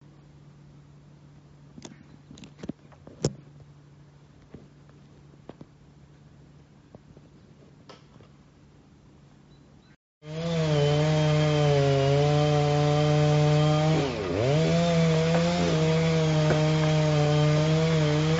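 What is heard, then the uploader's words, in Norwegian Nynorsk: Felling a tall fir: for the first ten seconds only a low steady hum and scattered faint clicks and knocks are heard. Then a chainsaw starts up and runs loud and steady, its pitch dipping briefly near fourteen seconds as it bites into the wood. Feller den 21 meter høge edelgrana ved golfbanen på Tyse.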